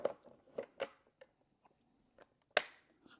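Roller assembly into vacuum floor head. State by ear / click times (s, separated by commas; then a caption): seated / 2.6 s. A plastic part, most likely the roller assembly, is refitted onto the floor head of a battery-powered Roborock F25 ACE Pro foam wet-dry vacuum cleaner after it had not been fully snapped in before. Several soft plastic knocks and rattles are heard as it is handled and pushed down with some force, followed by a sharp, loud click at 2.6 s. The part clicks into place and is seated.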